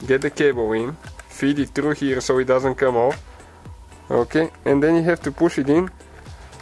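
A door handle cable is fed through its guide and pushed toward the plastic clip on a Ford Fiesta rear door lock actuator while someone talks, with a couple of small handling ticks in between. The clip ends just before the cable end goes home, so nothing has seated or clicked yet.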